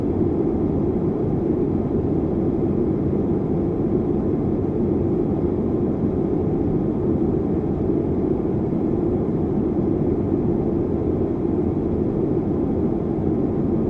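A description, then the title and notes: Steady, dense airplane cabin noise, a low, even roar with no breaks or events, muffled and unchanging for the whole stretch. Airplane White Noise Sound.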